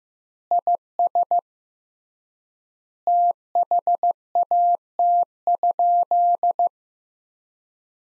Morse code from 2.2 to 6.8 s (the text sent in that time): THAT?